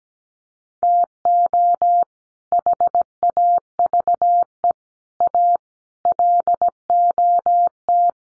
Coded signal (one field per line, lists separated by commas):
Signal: Morse code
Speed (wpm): 17 wpm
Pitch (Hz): 700 Hz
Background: none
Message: TO HAVE A LOT